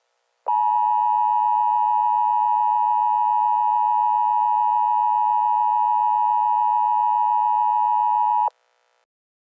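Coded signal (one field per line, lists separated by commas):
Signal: Emergency Alert System (SAME) tones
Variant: 853 and 960 Hz attention tone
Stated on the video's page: Fictional EAS scenario.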